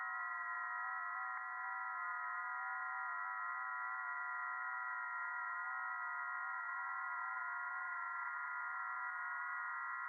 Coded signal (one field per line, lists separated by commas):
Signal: FT8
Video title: 2025-07-12 1800 [VOD] Music, Ham Radio VOX & FT8 - Offline Worldwide Comms from the Edge of the Net